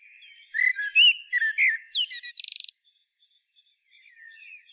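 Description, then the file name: Common blackbird song phrase: several low fluty whistles, a rising squeak, then a rapid buzzy trill, followed by quieter warbling in the background. "Turdus merula"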